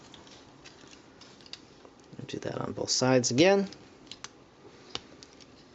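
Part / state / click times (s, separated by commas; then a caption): plastic shin panel into the leg of a transforming action figure / seated / 5.0 s. Someone talks while moving the plastic shin panel into the leg of a transforming action figure, the same move repeated on its other leg, with small clicks and handling taps. A sharp click at 5.0 s is heard as the second shin locks into place.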